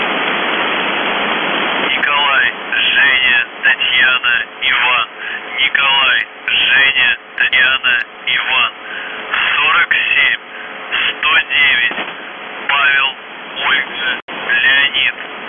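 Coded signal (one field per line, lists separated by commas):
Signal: numbers station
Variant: UVB-76 voice message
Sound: a voice reading a message over shortwave hiss, with short pauses between phrases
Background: radio static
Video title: The Buzzer/UVB-76(4625Khz) December 2, 2021 17:08UTC Voice message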